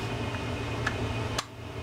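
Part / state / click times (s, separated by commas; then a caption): bearing component going back into a spinning reel body / not seated / none. An already-oiled bearing part is handled as it goes back into the body of a Penn SpinFisher 550 SSG spinning reel during a rebuild. Over a steady low hum, two brief sharp ticks sound at about 0.9 and 1.4 seconds. Nothing has seated or clicked into place yet.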